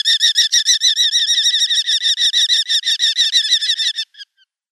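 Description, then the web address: Eurasian hobby nestling calls, a rapid series of high, harmonic squealing notes for about four seconds, then a few fading notes. "Schulze Peter Hobby"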